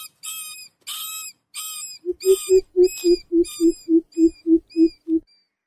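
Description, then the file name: Greater coucal series of deep, resonant booming notes repeated rapidly and evenly, after several high, squealing harmonic notes at the start. "tieng bim bip keu tieng chuot"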